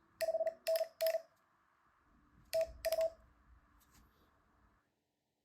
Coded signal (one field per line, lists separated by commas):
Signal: Morse code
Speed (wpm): 40 wpm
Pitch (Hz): 650 Hz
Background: none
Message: 5NN TU